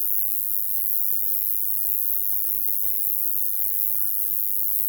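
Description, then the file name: Bush-cricket song as an unbroken, very high-pitched sizzling buzz, steady in loudness throughout. "Metrioptera roesselii"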